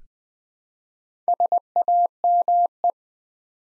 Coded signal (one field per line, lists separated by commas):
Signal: Morse code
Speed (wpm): 20 wpm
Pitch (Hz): 700 Hz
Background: none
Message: SAME